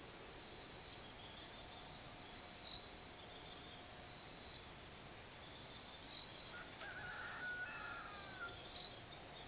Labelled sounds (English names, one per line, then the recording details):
none
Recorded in forest near Pivijay, Magdalena, Colombia, on 13 April 2023 at 05:00
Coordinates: 10.467, -74.380
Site Z5-G034